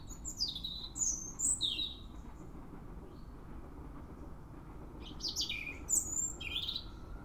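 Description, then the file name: European robin with squeaky, high sliding phrases at the start and again after a short pause, over soft low background noise. "Erithacus rubecula"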